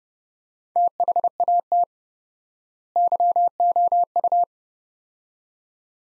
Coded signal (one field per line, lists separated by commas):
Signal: Morse code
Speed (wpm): 30 wpm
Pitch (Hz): 700 Hz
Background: none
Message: THAT YOU